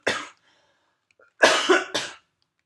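About three harsh, dry cough bursts from an adult woman with a pause between; an irritative cough from scratchy bronchi, not a cold or influenza (viral tests all negative), attributed to dry winter air, triggered when breathing.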